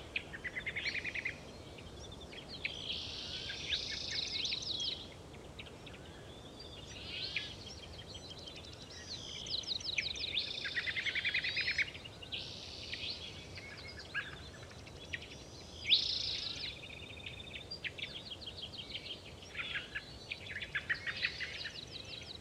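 Birdsong fills an oak woodland, with several birds chirping and trilling in bursts that overlap almost without pause. The calls are bright and high, some rapid and rattling, one sharper chirp standing out around sixteen seconds, over a soft steady hiss of background noise.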